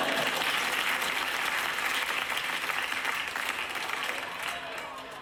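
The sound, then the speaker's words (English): A crowd in Delhi claps and cheers, celebrating 50 years of independence, in a steady, dense roar of applause that holds loud for several seconds before easing slightly toward the end. “And as the crowd celebrates 50 years of independence here in Delhi, we at the BBC India have managed to get an exclusive interview with the premiers of both India and Pakistan.”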